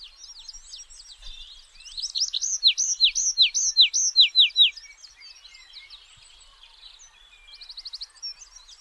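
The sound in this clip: Tree pipit song with soft twitters leading into a series of loud, repeated downslurred notes, then quieter chatter and a brief fast trill.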